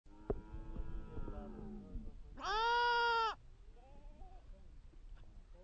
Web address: sons agneau